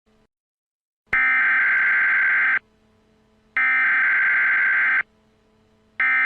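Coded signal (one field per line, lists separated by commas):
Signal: Emergency Alert System (SAME) tones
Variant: header bursts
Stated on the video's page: Fictional EAS scenario with valid EAS tones.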